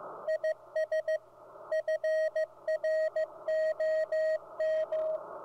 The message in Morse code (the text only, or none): IS FROM